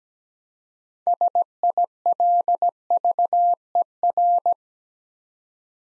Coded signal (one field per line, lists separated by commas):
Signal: Morse code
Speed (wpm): 17 wpm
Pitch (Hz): 700 Hz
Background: none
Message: SILVER